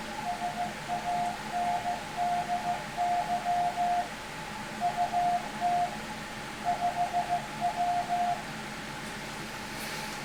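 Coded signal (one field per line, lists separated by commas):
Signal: Morse code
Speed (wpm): 15 wpm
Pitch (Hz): 720 Hz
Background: none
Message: SANDY UT 5W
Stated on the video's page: Heard scanning the HF ham bands with good conditions, including 10 meters.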